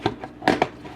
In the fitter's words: Again, very easy to snap into place.